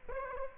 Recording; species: mosquito wingbeat signal from an infrared sensor; Aedes aegypti